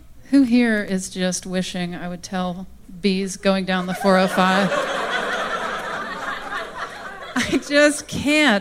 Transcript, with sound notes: who here is just wishing I would tell bees going down the 405? (LAUGHTER) I just can't.